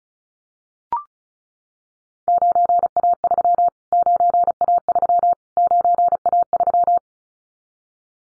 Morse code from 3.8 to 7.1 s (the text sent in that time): 9A3 9A3